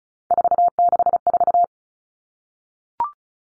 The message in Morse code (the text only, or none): 464